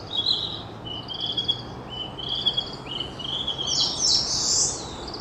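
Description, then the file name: Narcissus flycatcher singing a series of whistled, slightly slurred phrases repeated about once a second, ending in a louder, higher warbled flourish. Recorded in Sendai, 22 April 2016. "20160422 kibitaki sendai"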